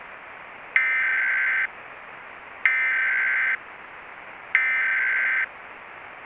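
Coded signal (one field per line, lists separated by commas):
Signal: Emergency Alert System (SAME) tones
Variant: header bursts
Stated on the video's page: Fictional EAS scenario, a remaster of an earlier scenario with an added analog feel.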